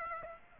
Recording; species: mosquito wingbeat signal from an infrared sensor; Aedes aegypti